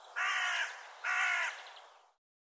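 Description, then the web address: Bird giving two harsh, hoarse caws about a second apart, each drawn out and rasping, then quiet. "cianscape birddata Deverinetal"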